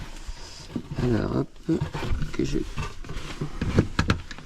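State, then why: Not seated. A small wooden box cover, built to hide fibre and phone cables, is handled and pushed toward its slot in the wall frame while someone talks. A few sharp knocks are heard near the end, around 4.0 s and 4.1 s. Nothing has seated or clicked yet.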